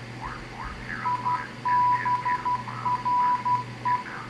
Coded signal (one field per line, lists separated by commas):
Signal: Morse code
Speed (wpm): 12 wpm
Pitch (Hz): 990 Hz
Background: none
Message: IBRE